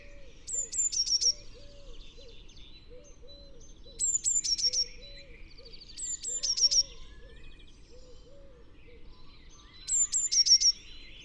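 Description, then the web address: Eurasian blue tit song: a high thin phrase of two downslurred notes and a quick shimmering trill, repeated four times every few seconds, with faint other sounds beneath. "SETE Cyanistes caeruleus"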